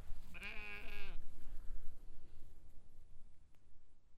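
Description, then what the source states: Sheep giving a single quavering bleat, then gusty wind noise for the rest. Big flock on a windy hill pasture at Hupperdange, baaing at a stranger on the road.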